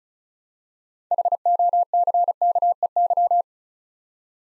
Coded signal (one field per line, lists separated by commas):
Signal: Morse code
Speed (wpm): 36 wpm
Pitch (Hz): 700 Hz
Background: none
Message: HOCKEY